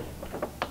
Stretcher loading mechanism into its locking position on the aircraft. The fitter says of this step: this into place so that needs to be snapped into place so that button is actually activated there and then